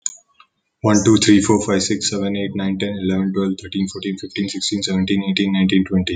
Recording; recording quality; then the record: counting at a fast pace; excellent, no background noise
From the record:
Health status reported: healthy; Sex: male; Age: 27 years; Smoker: yes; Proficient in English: yes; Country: India